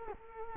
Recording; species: mosquito wingbeat signal from an infrared sensor; Culex quinquefasciatus